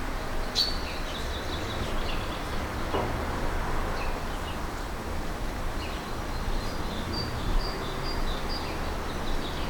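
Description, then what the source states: Birds give thin, high chirps in loose runs scattered throughout, over a constant low background roar. Countryside ambience with birds in a garden.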